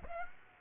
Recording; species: mosquito wingbeat signal from an infrared sensor; Aedes aegypti